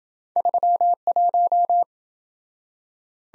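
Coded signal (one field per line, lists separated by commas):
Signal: Morse code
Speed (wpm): 27 wpm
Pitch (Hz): 700 Hz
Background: none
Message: 31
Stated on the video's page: Morse practice drill of two letter-number combinations, starting fast and slowing to a 20 wpm base, with a final repeat at maximum speed.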